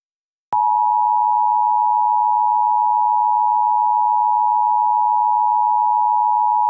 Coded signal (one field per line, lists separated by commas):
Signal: Emergency Alert System (SAME) tones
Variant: 853 and 960 Hz attention tone